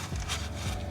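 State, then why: Not seated. A new fuel filter is handled and slid toward its housing on a 2015 F-250 6.7 diesel pickup, making steady rubbing and scraping sounds with brief brighter swells around 0.3 s and 0.7 s. Nothing has seated or clicked into place yet.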